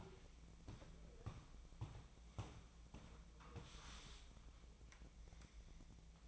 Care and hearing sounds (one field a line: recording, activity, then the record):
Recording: daily activity, microphone in the room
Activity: walk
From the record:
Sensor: 1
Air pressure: 1012.2 hPa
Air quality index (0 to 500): 176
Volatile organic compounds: 3 ppm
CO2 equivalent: 1450 ppm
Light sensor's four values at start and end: 47/128/52/64 and 45/124/50/61